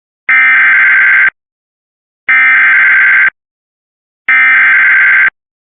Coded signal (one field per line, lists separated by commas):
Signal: Emergency Alert System (SAME) tones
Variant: header bursts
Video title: Severe Thunderstorm Warning EAS (Cox) 8/17/2024